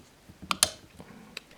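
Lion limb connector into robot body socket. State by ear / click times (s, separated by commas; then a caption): seated / 0.6 s. A lion limb connector from a Toynami Voltron 30th Anniversary Collector's Set is pushed back into the robot body's connection socket. A sharp click at 0.5 s leads into a louder snap at 0.6 s as the limb clicks home and engages nicely, followed by a fainter tick around 1.4 s. The limb is seated.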